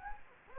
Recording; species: mosquito wingbeat signal from an infrared sensor; Anopheles gambiae